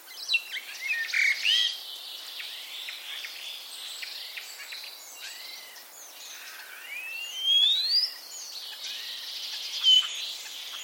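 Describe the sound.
Common starling calling with slurred rising and falling whistles and scratchy chatter, a bright upslurred whistle near the eighth second, over a steady background hiss.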